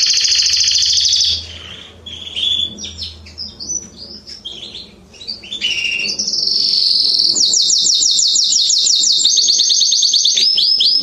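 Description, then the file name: Canary song moving from a loud high roll into softer varied chirps, then building into long, fast, even trills. "Canary Voice"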